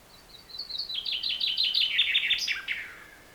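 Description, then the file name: Common chaffinch song with thin opening notes, then a brisk descending series of repeated chirps ending in a bright flourish. "Fringilla coelebs"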